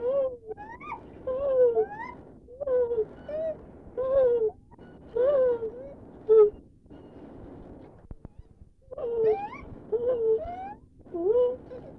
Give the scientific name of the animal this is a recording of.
Hylobates lar